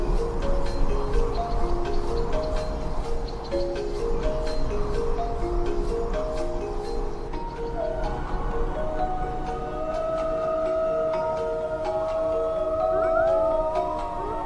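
Music and nature sounds: steady low rumble beneath a gentle repeating melody of held tones, with scattered ticks and brighter gliding notes near the end.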